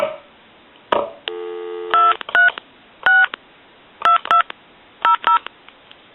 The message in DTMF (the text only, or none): 2362200